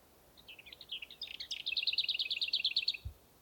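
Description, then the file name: Lesser whitethroat singing a soft, scratchy warble that runs straight into a fast, dry rattle, with a brief low thump near the end. "kis poszata hangja"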